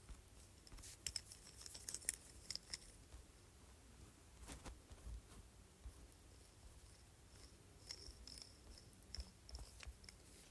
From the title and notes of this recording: ASMR Jade Roller.